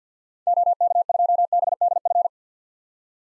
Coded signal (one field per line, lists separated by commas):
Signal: Morse code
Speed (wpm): 48 wpm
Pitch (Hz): 700 Hz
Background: none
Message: OK2BDF